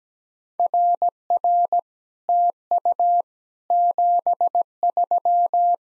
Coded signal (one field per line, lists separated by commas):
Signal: Morse code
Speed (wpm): 17 wpm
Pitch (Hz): 700 Hz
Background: none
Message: RR TU 73